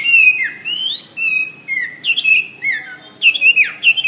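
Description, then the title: Bird song of clear whistled notes near mid-high pitch, some sliding down and others rising, delivered in short bursts with brief pauses between phrases. "SuaraBurung Kicau"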